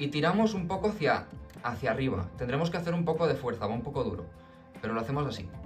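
A black ink cartridge is pushed up with some force into the carriage of an HP Deskjet 2700/2800 series inkjet printer while someone talks over background music. The clip ends before the cartridge goes home, so nothing has seated or clicked yet.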